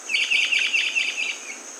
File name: Rondônia-bushbird